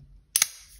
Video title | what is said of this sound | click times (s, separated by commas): VC Edge Interface Review - Already My Top Knife of 2021! | a super smooth action, but here we have a distinct two click sound. Tac tac, you can certainly hear that. | 0.4 s